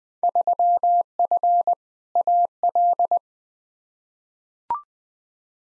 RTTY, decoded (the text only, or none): none